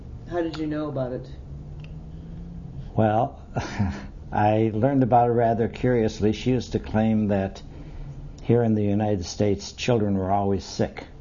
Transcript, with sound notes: How did you know about it?
Well, ( he laughs ) I learned about it rather curiously. She used to claim that here in the United States children were always sick,